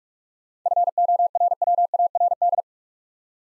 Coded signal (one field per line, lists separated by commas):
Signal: Morse code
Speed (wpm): 44 wpm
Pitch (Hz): 700 Hz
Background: none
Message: FORWARD